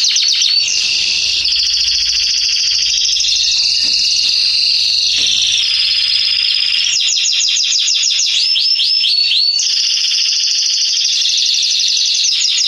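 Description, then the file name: Canary song, dense and continuous, with buzzy high rolls and rapid repeated notes changing through several tours without pause. "Canary Voice"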